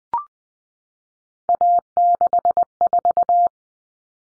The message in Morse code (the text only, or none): A64